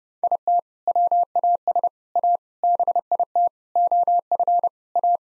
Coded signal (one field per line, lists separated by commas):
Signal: Morse code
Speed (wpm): 30 wpm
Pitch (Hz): 700 Hz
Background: none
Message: IT WAS A BIT OF A